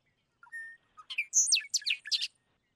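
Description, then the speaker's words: Bobolink singing a short burst of bubbly song, a clipped whistle and then quick, squeaky, jangling notes tumbling together. Chatty, bubbly, happy song carrying far over open fields; males sing from a perch or in an aerial display; declining grassland bird. "And Tyler's got the bobolink song."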